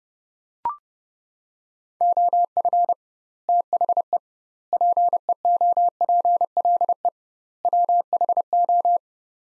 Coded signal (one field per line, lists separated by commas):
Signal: Morse code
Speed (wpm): 30 wpm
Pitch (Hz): 700 Hz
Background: none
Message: OF THE PEOPLE WHO